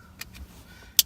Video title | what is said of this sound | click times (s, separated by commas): 2016 -2019 EXPLORER 100% PLUG & PLAY REMOTE START | get into the cars plug make sure it clicks in | 1.0 s